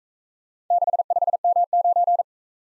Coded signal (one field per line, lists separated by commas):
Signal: Morse code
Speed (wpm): 39 wpm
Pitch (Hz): 700 Hz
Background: none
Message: 65M9